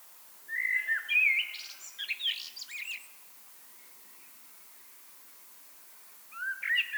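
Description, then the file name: Common blackbird song: a fluted whistled phrase breaking into scratchy, twittering high notes, then silence before another phrase begins. "Turdus merula"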